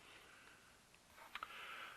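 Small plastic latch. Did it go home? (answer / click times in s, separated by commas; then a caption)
no / none. A broken window vent latch is pushed into a window sash repeatedly, giving a faint tap near 0.9 s and two short sharp ticks around 1.4 s over a steady background hiss. The latch never catches, and nothing has latched in place yet.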